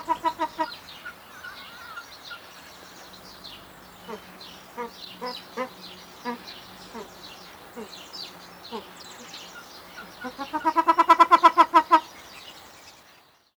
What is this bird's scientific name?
Crossoptilon auritum